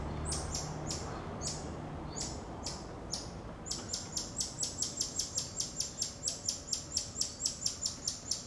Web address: Monte Sound - Atmospheres of Rio de Janeiro 010 AMB External Rio Subburb Birds Dogs Monkeys